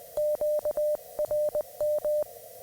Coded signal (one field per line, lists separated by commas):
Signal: Morse code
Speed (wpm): 20 wpm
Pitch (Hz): 600 Hz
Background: none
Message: QRM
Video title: A Beginners Guide to Hunting POTA with CW